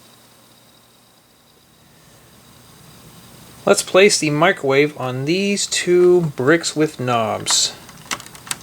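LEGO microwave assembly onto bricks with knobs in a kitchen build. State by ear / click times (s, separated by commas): not seated / none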